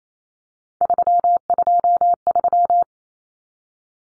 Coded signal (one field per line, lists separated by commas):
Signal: Morse code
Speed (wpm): 28 wpm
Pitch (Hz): 700 Hz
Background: none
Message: 323